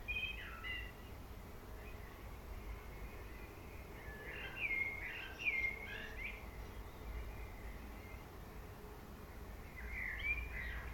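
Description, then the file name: Common blackbird with warbling phrases at intervals, some notes sharper and louder, steady background hum. "Turdus merula"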